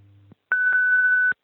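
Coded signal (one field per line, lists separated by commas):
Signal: radio time signal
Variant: WWV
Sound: low hum, brief silence, then one steady high tone lasting under a second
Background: low hum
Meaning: The long 1500 Hz tone marks the start of the hour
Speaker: at the tone 17 hours 0 minutes coordinated universal time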